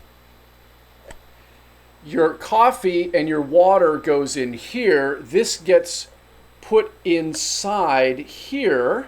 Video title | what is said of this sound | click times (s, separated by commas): Aeropress: The ULTIMATE Camp Coffee maker? (Unboxing) | if I remember correctly, locks into place like so. | 1.1 s